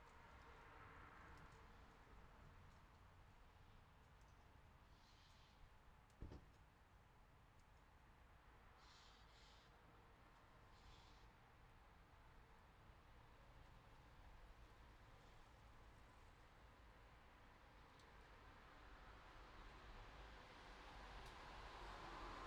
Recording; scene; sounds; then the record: everyday scene through a hearing-aid microphone; in traffic; traffic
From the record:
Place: city secondary road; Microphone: in the ear canal, left